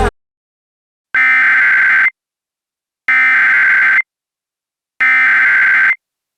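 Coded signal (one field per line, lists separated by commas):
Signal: Emergency Alert System (SAME) tones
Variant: header bursts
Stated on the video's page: Fictional EAS scenario made with iMovie, containing valid tones; not a real alert.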